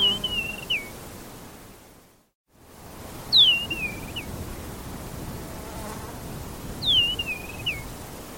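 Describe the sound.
Bird: high whistle falling steeply then wavering and ending in a short upturn, repeated about every three and a half seconds over background hiss.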